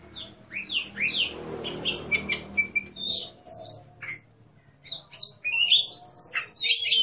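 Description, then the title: Oriental magpie-robin giving varied high chirps and slurred whistles over a faint background hiss, with a brief lull before another burst of bright notes. "Kacer"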